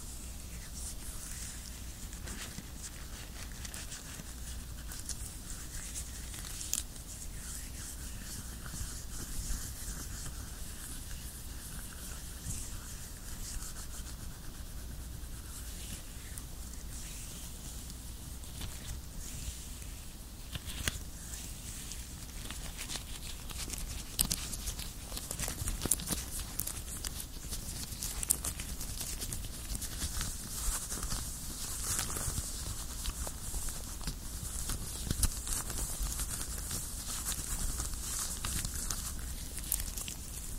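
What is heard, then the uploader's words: Latex gloves rub and squeak in a dense, steady crackle, with sharper bright snaps growing more frequent after the midpoint. ASMR LATEX GLOVES, ASMR GLOVES RUBBING, ASMR NO TALKING, JUST GLOVES SOUNDS.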